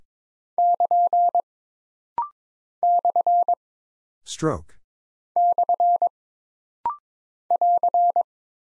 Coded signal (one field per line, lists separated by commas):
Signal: Morse code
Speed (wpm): 22 wpm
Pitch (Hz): 700 Hz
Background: none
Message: <KN> / / <AR>